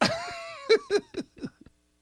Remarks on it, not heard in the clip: I tried to keep talking, thinking it would go away, and it didn't. Therefore, I cough talked. Listen to that very beginning where, I mean, you just lose all control. And then here's just the cough.